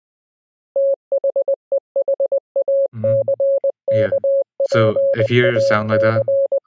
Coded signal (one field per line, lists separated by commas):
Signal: Morse code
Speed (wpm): 20 wpm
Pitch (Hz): 550 Hz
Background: speech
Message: THEHACKPAC